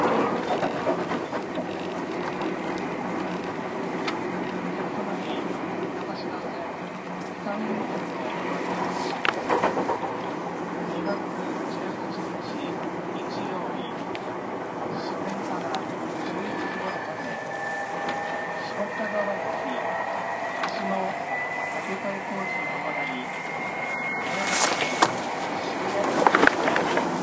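A Keio 1000 series train running between Shibuya and Kichijoji, with a steady, dense rumble throughout. From about 16 seconds a thin motor whine climbs slowly in pitch until around 25 seconds. Brief clanks near 9 and 25 seconds, with faint voices underneath.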